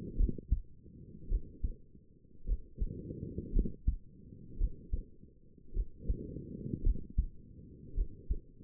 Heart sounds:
heart sounds by stethoscope; 54 bpm
0.17 s: heartbeat
1.29 s: heartbeat
2.46 s: heartbeat
3.53 s: heartbeat
4.58 s: heartbeat
5.74 s: heartbeat
6.84 s: heartbeat
7.95 s: heartbeat
From the record:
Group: healthy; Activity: rest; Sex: female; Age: 28 years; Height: 170 cm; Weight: 77 kg

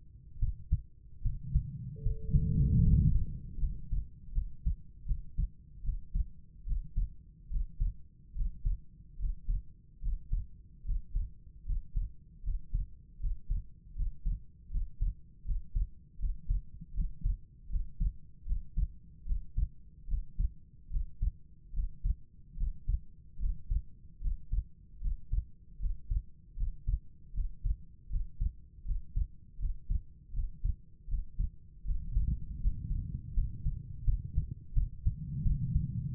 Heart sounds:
heart sounds by stethoscope; 77 bpm
0.38 s: heartbeat
1.21 s: heartbeat
2.02 s: heartbeat
2.82 s: heartbeat
3.58 s: heartbeat
4.32 s: heartbeat
5.05 s: heartbeat
5.82 s: heartbeat
6.65 s: heartbeat
7.49 s: heartbeat
8.34 s: heartbeat
9.18 s: heartbeat
10.01 s: heartbeat
10.84 s: heartbeat
11.64 s: heartbeat
12.42 s: heartbeat
13.19 s: heartbeat
13.94 s: heartbeat
14.69 s: heartbeat
15.44 s: heartbeat
16.18 s: heartbeat
16.93 s: heartbeat
17.68 s: heartbeat
18.45 s: heartbeat
19.24 s: heartbeat
20.06 s: heartbeat
20.89 s: heartbeat
21.72 s: heartbeat
22.56 s: heartbeat
23.38 s: heartbeat
24.20 s: heartbeat
25.00 s: heartbeat
25.78 s: heartbeat
26.55 s: heartbeat
27.32 s: heartbeat
28.08 s: heartbeat
28.84 s: heartbeat
29.58 s: heartbeat
30.32 s: heartbeat
31.07 s: heartbeat
31.83 s: heartbeat
32.59 s: heartbeat
33.33 s: heartbeat
34.03 s: heartbeat
34.73 s: heartbeat
35.42 s: heartbeat
36.13 s: heartbeat
From the record:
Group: healthy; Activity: rest 0-3 s, breath hold 3-33 s, rest 33-36 s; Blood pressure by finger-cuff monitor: 108/79 mmHg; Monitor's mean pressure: 90 mmHg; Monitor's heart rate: 76 bpm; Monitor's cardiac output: 5.4 L/min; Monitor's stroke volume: 71 mL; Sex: female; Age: 32 years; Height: 172 cm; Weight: 71.7 kg

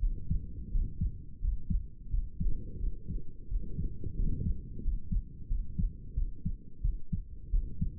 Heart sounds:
heart sounds by stethoscope; 88 bpm
0.71 s: heartbeat
1.41 s: heartbeat
2.10 s: heartbeat
2.79 s: heartbeat
3.48 s: heartbeat
4.16 s: heartbeat
4.82 s: heartbeat
5.48 s: heartbeat
6.14 s: heartbeat
6.81 s: heartbeat
7.51 s: heartbeat
From the record:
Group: healthy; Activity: rest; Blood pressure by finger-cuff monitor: 114/71 mmHg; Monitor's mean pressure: 80 mmHg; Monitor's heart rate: 87 bpm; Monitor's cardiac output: 7.1 L/min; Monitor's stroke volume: 81 mL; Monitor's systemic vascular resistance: 830 dyn s/cm5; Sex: male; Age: 35 years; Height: 180 cm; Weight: 86.9 kg

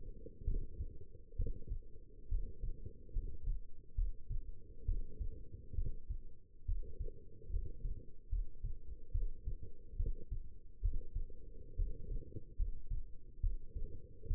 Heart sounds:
heart sounds by stethoscope; 69 bpm
0.44 s: heartbeat
1.36 s: heartbeat
2.28 s: heartbeat
3.12 s: heartbeat
3.95 s: heartbeat
4.85 s: heartbeat
5.75 s: heartbeat
6.65 s: heartbeat
7.50 s: heartbeat
8.29 s: heartbeat
9.12 s: heartbeat
9.96 s: heartbeat
10.81 s: heartbeat
11.76 s: heartbeat
12.56 s: heartbeat
13.40 s: heartbeat
14.27 s: heartbeat
From the record:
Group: healthy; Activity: rest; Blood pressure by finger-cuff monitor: 148/86 mmHg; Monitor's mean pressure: 104 mmHg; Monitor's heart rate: 70 bpm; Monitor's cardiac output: 6.2 L/min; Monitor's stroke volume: 89 mL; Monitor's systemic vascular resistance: 1260 dyn s/cm5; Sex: female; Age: 22 years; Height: 171 cm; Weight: 65.6 kg

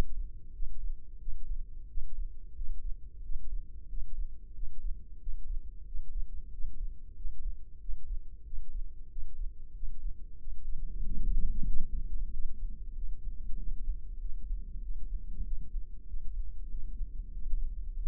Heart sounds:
heart sounds by microphone in the left ear; 93 bpm
0.55 s: heartbeat
1.21 s: heartbeat
1.90 s: heartbeat
2.57 s: heartbeat
3.24 s: heartbeat
3.90 s: heartbeat
4.56 s: heartbeat
5.22 s: heartbeat
5.88 s: heartbeat
6.53 s: heartbeat
7.18 s: heartbeat
7.82 s: heartbeat
8.46 s: heartbeat
9.11 s: heartbeat
9.76 s: heartbeat
10.40 s: heartbeat
11.05 s: heartbeat
11.70 s: heartbeat
12.34 s: heartbeat
12.97 s: heartbeat
13.60 s: heartbeat
14.22 s: heartbeat
14.84 s: heartbeat
15.47 s: heartbeat
16.09 s: heartbeat
16.72 s: heartbeat
17.35 s: heartbeat
17.98 s: heartbeat
From the record:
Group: healthy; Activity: rest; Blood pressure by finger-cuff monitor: 132/74 mmHg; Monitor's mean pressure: 92 mmHg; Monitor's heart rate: 93 bpm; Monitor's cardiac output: 7.7 L/min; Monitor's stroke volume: 83 mL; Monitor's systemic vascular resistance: 870 dyn s/cm5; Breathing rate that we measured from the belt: 18 breaths a minute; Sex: male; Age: 21 years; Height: 175 cm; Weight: 72.6 kg

